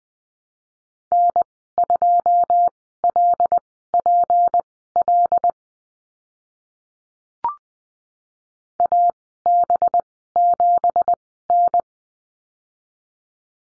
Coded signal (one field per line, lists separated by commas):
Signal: Morse code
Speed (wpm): 20 wpm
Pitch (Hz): 700 Hz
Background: none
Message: N2LPL AB7N